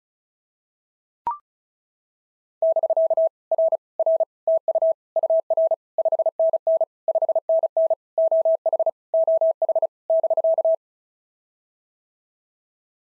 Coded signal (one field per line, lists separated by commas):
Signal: Morse code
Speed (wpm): 36 wpm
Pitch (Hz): 650 Hz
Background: none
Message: <BK> R R TU UR 5NN 5NN OH OH <BK>